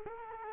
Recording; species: mosquito wingbeat signal from an infrared sensor; Culex quinquefasciatus